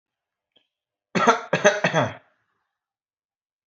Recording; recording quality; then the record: shallow voluntary cough; excellent, no background noise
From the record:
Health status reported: healthy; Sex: male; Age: 31 years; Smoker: yes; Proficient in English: yes